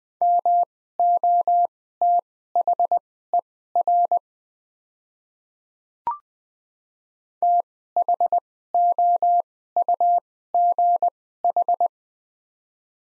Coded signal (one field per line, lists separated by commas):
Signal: Morse code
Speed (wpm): 20 wpm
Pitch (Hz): 700 Hz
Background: none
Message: MOTHER THOUGH